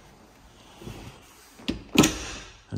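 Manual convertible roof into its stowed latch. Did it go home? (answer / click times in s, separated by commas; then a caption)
yes / 1.7 s, 2.0 s. A Mini Cooper S Roadster's manual convertible fabric soft-top roof is lowered by hand and pushed back into its stowed position. After faint rustling, sharp latch clicks come at 1.7 s and 2.0 s, the second louder with a brief rattling tail. The roof latches down into place.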